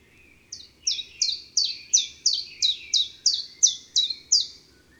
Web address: Mars Le Pouillot veloce. les 4 saisons des chants doiseaux